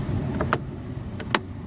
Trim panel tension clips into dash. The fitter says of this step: just snapped back in you just grab it here on the side and